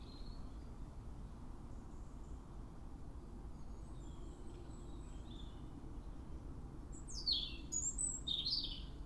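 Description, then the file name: European robin with soft, thin high notes at first, then a brief burst of bright, twittering phrases near the end over low rumbling noise. "Erithacus rubecula"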